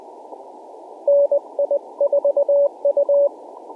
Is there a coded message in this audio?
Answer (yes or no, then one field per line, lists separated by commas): yes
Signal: Morse code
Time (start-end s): 1.1-3.3 s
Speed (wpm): 19 wpm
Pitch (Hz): 570 Hz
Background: none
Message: NI4U